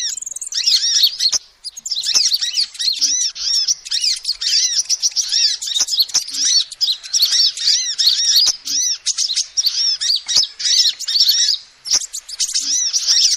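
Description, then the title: Continuous lovebird twittering, busy and high-pitched, with arched squeaks repeated rapidly in long runs and only a few brief lulls; soft taps heard now and then. Lovebird calls used as a lure (pikat) for trapping birds. "PIKAT BURUNG LOVEBIRD"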